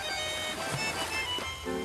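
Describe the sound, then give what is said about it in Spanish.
River water rushes and splashes in a steady, continuous hiss, with faint sustained musical tones humming underneath and no voices. “Trae los sonidos del río.”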